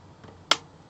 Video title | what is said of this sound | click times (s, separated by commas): Innovative case for Raspberry Pi, MaticBox. | clicks in place | 0.5 s